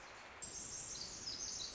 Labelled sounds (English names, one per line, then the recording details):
Pacific Wren
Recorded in Sonoma County, California